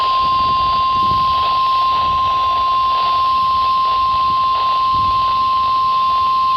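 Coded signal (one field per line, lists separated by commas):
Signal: Emergency Alert System (SAME) tones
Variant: 1050 Hz attention tone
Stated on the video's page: Weather radio alerts from Wakefield, Sterling and Mount Holly offices, including stations in Lewes, Delaware and Atlantic City, New Jersey.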